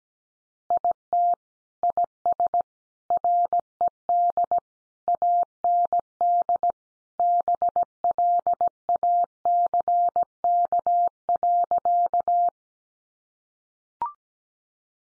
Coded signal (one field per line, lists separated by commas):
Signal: Morse code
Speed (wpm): 17 wpm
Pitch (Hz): 700 Hz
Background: none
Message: IT IS RED AND BLACK.